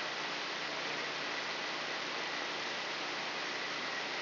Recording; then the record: brain microelectrode recording played as sound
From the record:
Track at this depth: inside the subthalamic nucleus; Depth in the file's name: 3.708 mm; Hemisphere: left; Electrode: 3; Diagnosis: Parkinson's disease